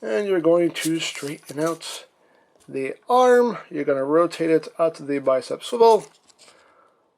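Someone talks while handling a plastic Transformers Titans Return Deluxe Mindwipe action figure during transformation, straightening its arm and rotating it at the bicep swivel before the hand is flipped out of the forearm. Speech fills most of the clip, followed by a faint, brief tick near 6.3 s. The hand has not yet locked into the forearm; nothing has seated or clicked yet.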